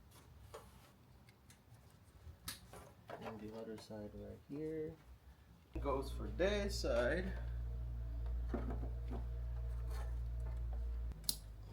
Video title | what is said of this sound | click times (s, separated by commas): POWER HARNESS FOR RGB HEADLIGHTS - (2018-2024 TOYOTA CAMRY) | just like that you hear the click | 11.3 s